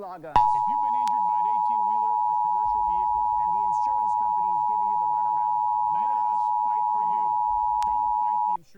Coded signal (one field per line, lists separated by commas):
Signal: Emergency Alert System (SAME) tones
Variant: 853 and 960 Hz attention tone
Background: speech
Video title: National Periodic EAS Test - San Antonio Stations/KTWO-TV/WWBT (August 11, 2021)